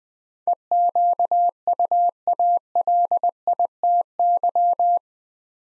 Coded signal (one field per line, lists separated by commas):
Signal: Morse code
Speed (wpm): 20 wpm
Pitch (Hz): 700 Hz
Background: none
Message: EQUALITY